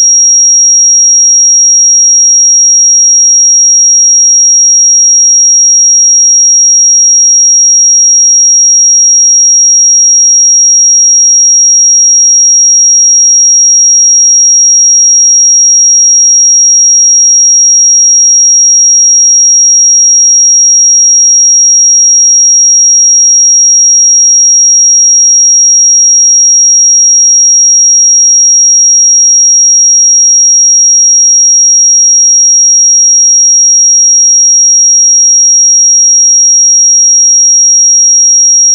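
A pure 5639 Hz sine tone holds perfectly steady for the full duration, a single thin, bright, high whistle with no wavering. It stays at constant loudness from start to finish, with no breaks, other sounds or background noise.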